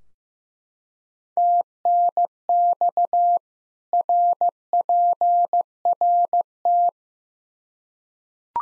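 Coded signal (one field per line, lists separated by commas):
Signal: Morse code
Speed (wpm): 15 wpm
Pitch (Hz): 700 Hz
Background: none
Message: TNX RPRT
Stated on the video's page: Practice QSO drill at 15 wpm, information segment (rig, antenna, weather), each segment sent in Morse, then repeated in Morse.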